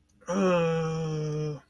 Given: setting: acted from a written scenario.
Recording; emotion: vocal sound without words; confusion